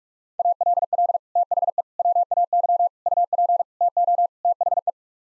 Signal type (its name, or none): Morse code